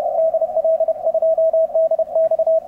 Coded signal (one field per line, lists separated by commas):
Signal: Morse code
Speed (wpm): 32 wpm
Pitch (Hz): 650 Hz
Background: none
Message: DL2DX